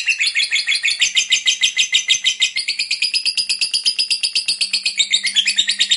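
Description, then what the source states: Lovebird chattering without a break, a fast, even stream of high, buzzy notes that stays loud throughout. Ngekek panjang, long continuous chatter, described as gacor, very vocal.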